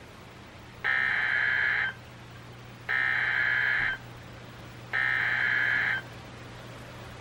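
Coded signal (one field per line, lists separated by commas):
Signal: Emergency Alert System (SAME) tones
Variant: header bursts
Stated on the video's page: Alerts relayed over NOAA Weather Radio stations: high wind and severe thunderstorm warnings issued by Sterling, VA during a thunderstorm line.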